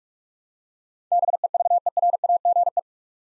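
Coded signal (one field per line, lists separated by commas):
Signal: Morse code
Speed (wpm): 46 wpm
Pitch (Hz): 700 Hz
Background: none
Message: BEVERAGE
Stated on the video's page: Computer-generated Morse head-copy drill of eight-letter words at 45 wpm, each word sent, then spoken, then sent again.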